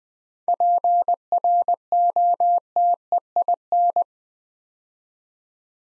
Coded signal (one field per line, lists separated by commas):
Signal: Morse code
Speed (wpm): 20 wpm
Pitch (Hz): 700 Hz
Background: none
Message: PROTEIN